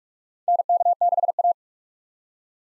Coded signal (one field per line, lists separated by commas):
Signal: Morse code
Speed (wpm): 45 wpm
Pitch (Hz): 700 Hz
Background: none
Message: NK6A